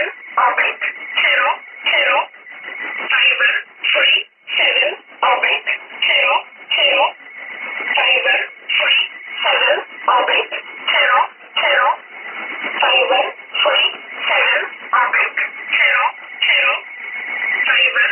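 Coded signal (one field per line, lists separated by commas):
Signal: numbers station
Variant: E11 Oblique, English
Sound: short, evenly spaced spoken words in a thin, band-limited radio voice, one after another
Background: radio static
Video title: 08 11 2017 Numbers station E11 Oblique in English to Eu 0900 on 9446 unknown tx site in USB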